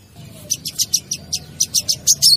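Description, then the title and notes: Bird chirping in a rapid series of sharp, high notes, roughly eleven in two seconds, swelling in loudness at the close, with a soft low background hum. Ringtone of a bird with a melodious voice. "Burung Dengan Suara Merdu"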